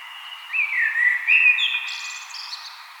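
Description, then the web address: Common blackbird singing one mellow, slurred whistled phrase that dips and rises, then breaks into a short high, squeaky twitter. "SETE Turdus merula"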